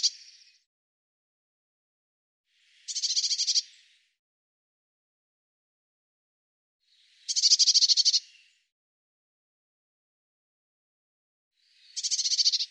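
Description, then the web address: Eurasian blue tit scolding call, a rasping chattering churr repeated four times, roughly every four to five seconds, otherwise quiet. "cianscape birddata Deverinetal 2025 File cleaned normalized Bird Cy Ca"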